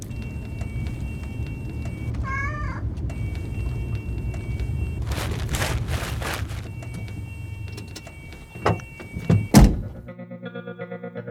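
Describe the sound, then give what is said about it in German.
A car door opens and shuts over a low engine rumble, out in the snow at Christmas: a few rustling swishes, a couple of dull thunks, then one loud slam followed by a soft repeating chime. “Er öffnete ihr die Tür und ging dann herum auf die Beifahrerseite.”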